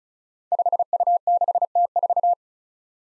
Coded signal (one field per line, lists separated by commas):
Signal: Morse code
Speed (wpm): 36 wpm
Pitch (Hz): 700 Hz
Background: none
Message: 5U6T4